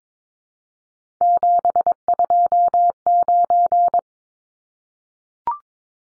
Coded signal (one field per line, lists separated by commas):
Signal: Morse code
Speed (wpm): 22 wpm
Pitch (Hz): 700 Hz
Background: none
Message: 729